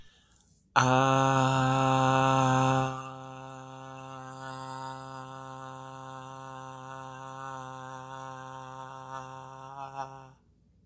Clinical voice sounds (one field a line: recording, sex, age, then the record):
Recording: vowel held as long as possible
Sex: male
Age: 30 to 39 years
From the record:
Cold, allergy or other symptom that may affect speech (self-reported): no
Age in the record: 39 years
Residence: Wyoming, United States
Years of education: 16